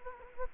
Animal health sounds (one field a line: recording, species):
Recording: mosquito wingbeat signal from an infrared sensor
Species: Anopheles gambiae